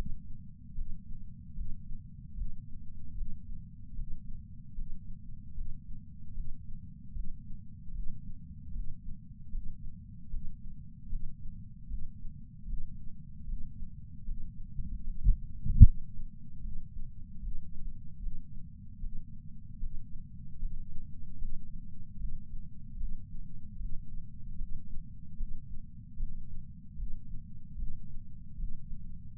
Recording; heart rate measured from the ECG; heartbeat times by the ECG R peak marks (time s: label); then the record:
heart sounds by patch sensor on the chest; 75 bpm
0.74 s: heartbeat
1.54 s: heartbeat
2.34 s: heartbeat
3.14 s: heartbeat
3.94 s: heartbeat
4.74 s: heartbeat
5.53 s: heartbeat
6.33 s: heartbeat
7.12 s: heartbeat
7.91 s: heartbeat
8.71 s: heartbeat
9.50 s: heartbeat
10.29 s: heartbeat
11.08 s: heartbeat
11.87 s: heartbeat
12.66 s: heartbeat
13.44 s: heartbeat
14.24 s: heartbeat
15.02 s: heartbeat
15.82 s: heartbeat
16.61 s: heartbeat
17.40 s: heartbeat
18.19 s: heartbeat
18.99 s: heartbeat
19.78 s: heartbeat
20.58 s: heartbeat
21.37 s: heartbeat
22.17 s: heartbeat
22.96 s: heartbeat
23.76 s: heartbeat
24.56 s: heartbeat
25.36 s: heartbeat
26.16 s: heartbeat
26.95 s: heartbeat
27.75 s: heartbeat
28.55 s: heartbeat
29.35 s: heartbeat
From the record:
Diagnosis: coronary artery disease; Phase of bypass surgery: intraoperative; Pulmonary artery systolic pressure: 16 mmHg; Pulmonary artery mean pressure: 11 mmHg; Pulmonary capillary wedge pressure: 10 mmHg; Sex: female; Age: 58 years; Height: 155 cm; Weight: 55 kg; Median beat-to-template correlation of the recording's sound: 0.75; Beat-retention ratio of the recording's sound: 0.98